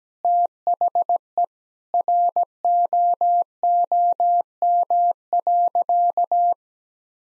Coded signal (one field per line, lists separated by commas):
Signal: Morse code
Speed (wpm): 17 wpm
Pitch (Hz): 700 Hz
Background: none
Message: THE ROOM.